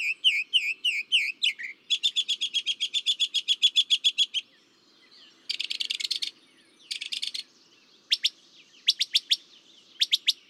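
Northern mockingbird song: bright, varied phrases, each note repeated quickly several times before switching to a new one, from looping whistles to rapid buzzy trills and sharp chips.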